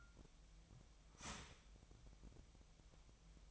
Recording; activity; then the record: daily activity, microphone in the room; start toaster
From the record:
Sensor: 1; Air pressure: 1002.0 hPa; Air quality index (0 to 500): 238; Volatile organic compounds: 42 ppm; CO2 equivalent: 3185 ppm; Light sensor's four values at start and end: 10/36/13/15 and 10/36/13/15